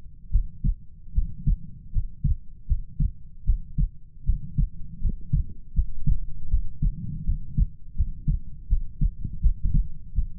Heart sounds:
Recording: heart sounds by stethoscope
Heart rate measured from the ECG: 79 bpm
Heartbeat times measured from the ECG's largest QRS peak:
0.30 s: heartbeat
1.13 s: heartbeat
1.91 s: heartbeat
2.66 s: heartbeat
3.44 s: heartbeat
4.24 s: heartbeat
5.00 s: heartbeat
5.73 s: heartbeat
6.48 s: heartbeat
7.24 s: heartbeat
7.95 s: heartbeat
8.67 s: heartbeat
9.41 s: heartbeat
10.13 s: heartbeat
From the record:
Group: healthy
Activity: rest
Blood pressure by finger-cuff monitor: 93/54 mmHg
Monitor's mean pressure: 66 mmHg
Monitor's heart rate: 79 bpm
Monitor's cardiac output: 7.2 L/min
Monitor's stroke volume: 92 mL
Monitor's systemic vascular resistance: 650 dyn s/cm5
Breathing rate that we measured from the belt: 21 breaths a minute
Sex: female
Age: 19 years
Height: 163 cm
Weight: 48.9 kg

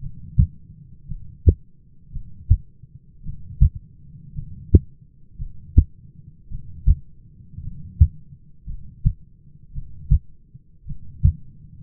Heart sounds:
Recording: heart sounds by stethoscope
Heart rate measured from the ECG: 55 bpm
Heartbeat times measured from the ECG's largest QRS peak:
0.01 s: heartbeat
1.08 s: heartbeat
2.12 s: heartbeat
3.24 s: heartbeat
4.34 s: heartbeat
5.38 s: heartbeat
6.50 s: heartbeat
7.62 s: heartbeat
8.66 s: heartbeat
9.73 s: heartbeat
10.87 s: heartbeat
From the record:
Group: heart failure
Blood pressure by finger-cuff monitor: 101/61 mmHg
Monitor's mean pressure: 74 mmHg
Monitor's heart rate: 54 bpm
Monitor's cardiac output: 6.1 L/min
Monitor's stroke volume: 110 mL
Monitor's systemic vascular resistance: 880 dyn s/cm5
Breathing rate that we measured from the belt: 16 breaths a minute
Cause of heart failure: dilated cardiomyopathy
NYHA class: 2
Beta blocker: bisoprolol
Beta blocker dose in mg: 10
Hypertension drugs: sacubitril-valsartan, spironolactone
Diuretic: furosemide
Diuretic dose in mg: 40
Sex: male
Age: 29 years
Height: 174 cm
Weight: 92 kg

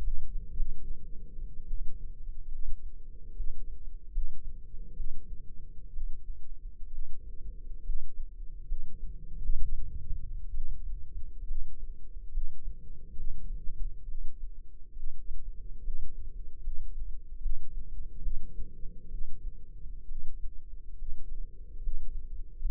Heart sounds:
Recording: heart sounds by microphone in the left ear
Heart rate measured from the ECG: 68 bpm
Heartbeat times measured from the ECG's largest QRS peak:
0.52 s: heartbeat
1.67 s: heartbeat
2.48 s: heartbeat
3.33 s: heartbeat
4.10 s: heartbeat
4.93 s: heartbeat
5.90 s: heartbeat
6.88 s: heartbeat
7.82 s: heartbeat
8.64 s: heartbeat
9.57 s: heartbeat
10.50 s: heartbeat
11.44 s: heartbeat
12.29 s: heartbeat
13.13 s: heartbeat
14.04 s: heartbeat
14.92 s: heartbeat
15.80 s: heartbeat
16.60 s: heartbeat
17.38 s: heartbeat
18.19 s: heartbeat
19.08 s: heartbeat
20.05 s: heartbeat
20.95 s: heartbeat
21.79 s: heartbeat
22.58 s: heartbeat
From the record:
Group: healthy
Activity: rest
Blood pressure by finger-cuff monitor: 150/89 mmHg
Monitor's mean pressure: 107 mmHg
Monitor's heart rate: 68 bpm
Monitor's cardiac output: 6.1 L/min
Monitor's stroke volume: 89 mL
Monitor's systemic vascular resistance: 1300 dyn s/cm5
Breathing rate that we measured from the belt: 14 breaths a minute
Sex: female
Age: 22 years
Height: 171 cm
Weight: 65.6 kg

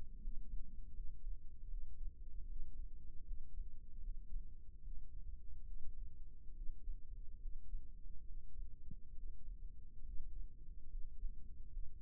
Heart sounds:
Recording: heart sounds by microphone in the left ear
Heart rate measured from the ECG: 73 bpm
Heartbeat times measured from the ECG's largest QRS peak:
0.23 s: heartbeat
0.96 s: heartbeat
1.70 s: heartbeat
2.48 s: heartbeat
3.27 s: heartbeat
4.03 s: heartbeat
4.84 s: heartbeat
5.67 s: heartbeat
6.56 s: heartbeat
7.42 s: heartbeat
8.27 s: heartbeat
9.16 s: heartbeat
10.06 s: heartbeat
10.91 s: heartbeat
11.72 s: heartbeat
From the record:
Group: healthy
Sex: male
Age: 22 years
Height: 181 cm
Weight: 79 kg

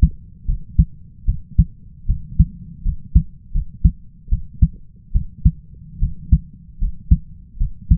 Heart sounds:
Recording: heart sounds by stethoscope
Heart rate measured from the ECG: 76 bpm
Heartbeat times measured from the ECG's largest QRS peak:
0.46 s: heartbeat
1.25 s: heartbeat
2.06 s: heartbeat
2.83 s: heartbeat
3.52 s: heartbeat
4.29 s: heartbeat
5.12 s: heartbeat
5.99 s: heartbeat
6.79 s: heartbeat
7.58 s: heartbeat
From the record:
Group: healthy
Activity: cold pressor test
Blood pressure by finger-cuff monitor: 128/74 mmHg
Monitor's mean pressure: 89 mmHg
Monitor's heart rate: 75 bpm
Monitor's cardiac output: 5.5 L/min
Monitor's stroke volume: 73 mL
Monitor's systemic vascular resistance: 1160 dyn s/cm5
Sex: male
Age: 20 years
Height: 167 cm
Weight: 61 kg

